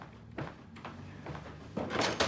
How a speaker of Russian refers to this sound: Рич стучит в дверь. Ему открывает Эдит.